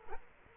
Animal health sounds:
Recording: mosquito wingbeat signal from an infrared sensor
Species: Culex quinquefasciatus

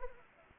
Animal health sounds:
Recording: mosquito wingbeat signal from an infrared sensor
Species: Anopheles arabiensis

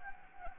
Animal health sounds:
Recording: mosquito wingbeat signal from an infrared sensor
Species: Anopheles gambiae

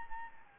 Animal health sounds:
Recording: mosquito wingbeat signal from an infrared sensor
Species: Anopheles arabiensis

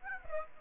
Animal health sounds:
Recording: mosquito wingbeat signal from an infrared sensor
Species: Aedes aegypti

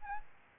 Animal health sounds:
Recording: mosquito wingbeat signal from an infrared sensor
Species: Aedes albopictus

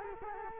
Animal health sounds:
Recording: mosquito wingbeat signal from an infrared sensor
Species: Culex quinquefasciatus

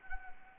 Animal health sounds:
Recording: mosquito wingbeat signal from an infrared sensor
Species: Anopheles arabiensis

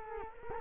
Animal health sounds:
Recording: mosquito wingbeat signal from an infrared sensor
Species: Culex quinquefasciatus

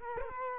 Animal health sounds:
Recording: mosquito wingbeat signal from an infrared sensor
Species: Culex quinquefasciatus

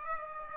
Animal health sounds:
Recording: mosquito wingbeat signal from an infrared sensor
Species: Aedes aegypti

